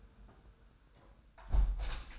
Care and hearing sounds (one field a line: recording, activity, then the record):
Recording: daily activity, microphone in the room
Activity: close window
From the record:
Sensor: 2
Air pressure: 1000.0 hPa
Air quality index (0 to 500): 227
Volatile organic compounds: 58 ppm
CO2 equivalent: 3397 ppm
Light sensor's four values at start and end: 8/20/8/8 and 8/20/8/8